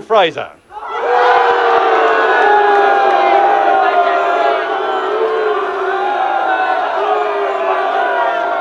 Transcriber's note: crowd boos